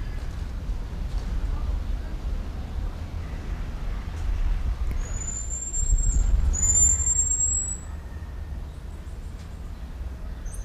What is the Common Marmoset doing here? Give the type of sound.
call